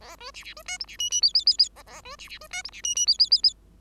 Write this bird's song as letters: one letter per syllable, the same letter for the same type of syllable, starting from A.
A B C C B D E C F F G G G G A A B C C B D E C F F G G G G